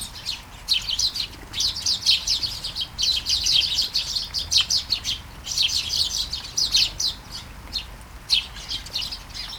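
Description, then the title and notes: Sparrows in a dense chirping chorus, bright notes running together in long bursts separated by short gaps. Flying sparrows in a garden at Taastrup, Denmark; early morning, light shower; recorded with Sony PCM-D100 internal mics. "Kærengen 8, 2630 Taastrup, Denmark - Flying sparrows. Flying sparrows in the garden, early morning. Light shower. Vols de moineaux dans le jardin, au petit matin. Pluie fine"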